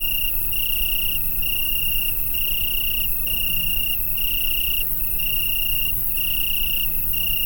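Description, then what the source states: Insect gives a shrill, even trill, cut by short breaks about once per second, over a steady low background hum. Summer night ambience in France in July.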